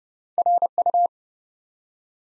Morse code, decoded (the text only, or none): RU